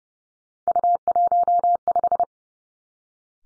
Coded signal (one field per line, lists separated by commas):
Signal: Morse code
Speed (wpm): 32 wpm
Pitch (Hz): 700 Hz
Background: none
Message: U15